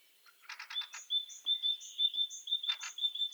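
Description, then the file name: Great tit: a ringing high-low two-note phrase repeated rapidly about twice a second, framed by short buzzy chatter bursts. "Parus major"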